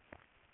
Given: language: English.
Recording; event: throat vibration sensor signal played as sound; swallow